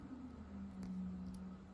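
A bobbin case, with the bobbin and thread in place and its latch side facing up, is held and lined up before being snapped into a sewing machine's bobbin housing. Only faint handling sounds are heard over a steady low hum. Nothing has clicked or seated yet.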